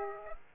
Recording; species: mosquito wingbeat signal from an infrared sensor; Aedes aegypti